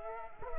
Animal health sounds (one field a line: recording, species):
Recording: mosquito wingbeat signal from an infrared sensor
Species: Culex quinquefasciatus